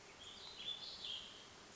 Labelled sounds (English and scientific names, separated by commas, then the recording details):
Warbling Vireo (Vireo gilvus)
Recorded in Sonoma County, California